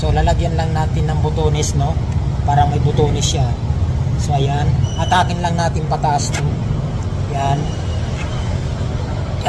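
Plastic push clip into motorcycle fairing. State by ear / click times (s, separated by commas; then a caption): not seated / none. A plastic push-rivet clip is pushed into a hole in a motorcycle fairing and pulled upward to check it, while someone talks over a steady low hum. No click is heard, and the clip has not locked or seated.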